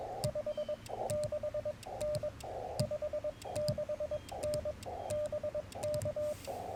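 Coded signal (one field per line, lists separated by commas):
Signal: Morse code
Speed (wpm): 22 wpm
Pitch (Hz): 600 Hz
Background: radio noise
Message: 56N 56N BK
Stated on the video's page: CW in a Parks on the Air activation, sent with a BaMaKeY TP-III paddle on a Yaesu FT-891 with a Yaesu ATAS-120A antenna.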